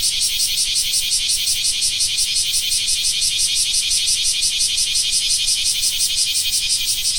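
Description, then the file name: Bear cicada song: a harsh, high buzz pulsed rhythmically, continuing without a break. "クマゼミ"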